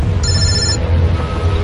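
A mobile phone rings with an incoming call inside a car being driven, a short electronic tone, a bright high-pitched chirp lasting about half a second, over a steady low engine rumble underneath.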